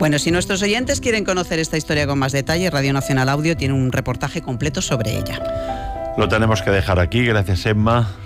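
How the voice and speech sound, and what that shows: Clear, fluent adult Spanish speech at an even pace, closing a radio segment, with faint tones briefly behind.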